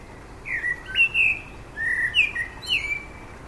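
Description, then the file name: Common blackbird giving a run of rich, fluty whistled notes that slide up and down, broken by brief high scratchy flourishes. "Turdus merula"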